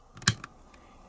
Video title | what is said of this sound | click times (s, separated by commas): New HK VP9-B Push Button Mag Release | until it snaps into place under the spring lip right here and then | 0.3 s